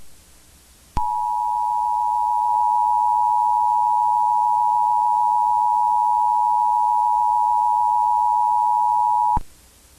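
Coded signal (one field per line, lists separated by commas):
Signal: Emergency Alert System (SAME) tones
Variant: 853 and 960 Hz attention tone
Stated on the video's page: Fictional EAS scenario.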